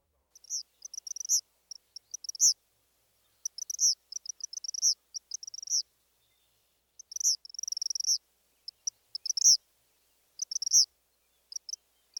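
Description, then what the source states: Eastern Kingbird song: very high, crackling spark-like notes in stuttered runs with sharp accented bursts, repeated throughout with short gaps. High-pitched song, stuttered with punctuated accents; variable notes sound like electrical sparks jumping between two wires.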